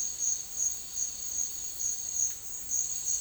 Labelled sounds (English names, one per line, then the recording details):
none
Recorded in secondary vegetation near Puerto Asís, Putumayo, Colombia, on 12 March 2025 at 11:30
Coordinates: 0.499, -76.323
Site G094